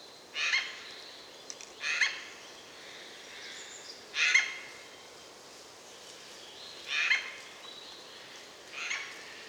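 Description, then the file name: Eurasian jay calling with five rasping, scratchy screeches spaced irregularly, roughly every one and a half to three seconds, against soft hiss. "Garrulus glandarius"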